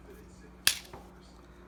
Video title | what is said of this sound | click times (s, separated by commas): How to disassemble and clean the Ruger LCP 380 | you hear that click should | 0.7 s